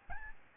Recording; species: mosquito wingbeat signal from an infrared sensor; Aedes albopictus